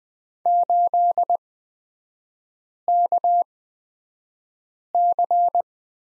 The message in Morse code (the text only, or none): 8KC